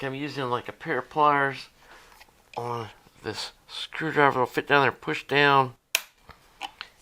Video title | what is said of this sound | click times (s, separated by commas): Magicteam Sleep White Noise Machine Repair! | You hear it pop? | 6.0 s